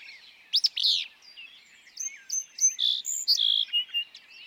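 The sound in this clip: Willow flycatcher song: two sharp high notes, then a short buzzy phrase, among tonal whistles and chirps from other birds.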